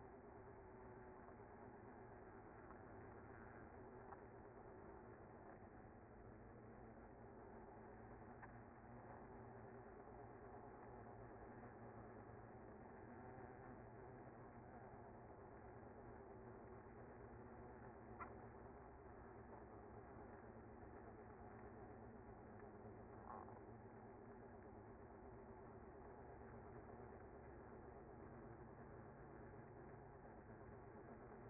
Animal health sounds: honeybee colony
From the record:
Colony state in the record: active

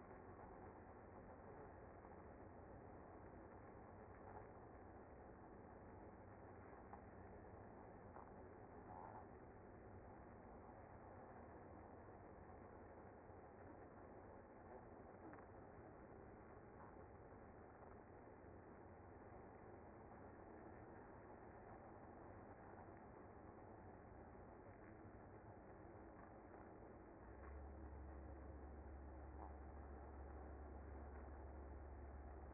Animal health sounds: honeybee colony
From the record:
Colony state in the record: active

